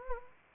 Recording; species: mosquito wingbeat signal from an infrared sensor; Anopheles arabiensis